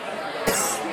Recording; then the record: coughing mixed with background sound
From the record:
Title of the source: 30 Chesty and wet cough